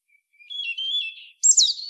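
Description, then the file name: European robin giving a thin rising note, a sustained trickling warble, then a sudden bright burst of high notes at the end. "Erithacus rubecula"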